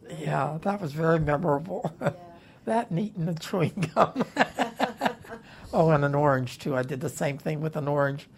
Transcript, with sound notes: Yeah, that was very memorable.
Yeah.
That and eating the chewing (both laugh) Oh, and an orange too, I did the same thing with an orange.